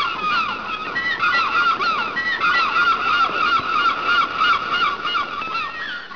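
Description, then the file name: Gulls calling: many overlapping mewing and yelping cries forming a constant, busy chorus. "seagulls"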